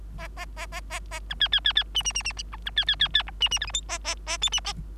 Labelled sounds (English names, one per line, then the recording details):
Bengalese Finch song
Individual Bird3